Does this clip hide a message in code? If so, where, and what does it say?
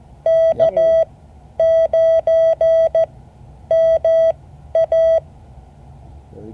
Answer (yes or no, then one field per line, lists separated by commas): yes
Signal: Morse code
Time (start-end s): 0.3-5.2 s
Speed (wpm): 14 wpm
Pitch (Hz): 650 Hz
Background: none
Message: K9MA